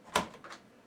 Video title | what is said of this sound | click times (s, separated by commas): *AIRSOFT HOBBY* - 4-Part Nuke Prop | you can hear it clicks in all right | 0.2 s